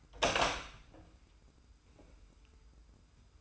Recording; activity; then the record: daily activity, microphone in the room; open door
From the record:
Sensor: 2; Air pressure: 990.2 hPa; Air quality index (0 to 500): 180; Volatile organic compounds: 1000 ppm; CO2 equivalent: 5728 ppm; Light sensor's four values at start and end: 34/80/33/33 and 34/80/33/33